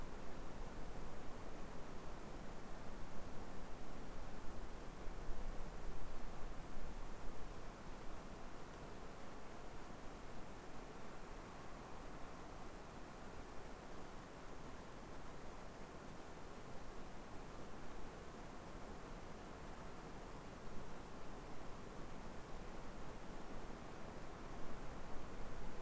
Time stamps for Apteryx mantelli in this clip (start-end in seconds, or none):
none